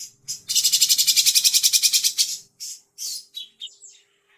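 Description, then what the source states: Grey-cheeked bulbul song: a dense burst of rapid, harsh, high notes lasting about two seconds, followed by several separate shorter chirps. Masteran (bird-training recording), long duration.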